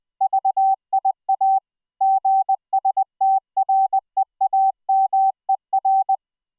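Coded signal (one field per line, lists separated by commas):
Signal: Morse code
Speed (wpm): 20 wpm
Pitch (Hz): 770 Hz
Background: none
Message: VIA GSTREAMER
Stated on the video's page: Morse sent as MIDI over IP between laptop and Raspberry Pi, rendered as audio by a GStreamer FluidSynth decoder using a custom CW soundfont.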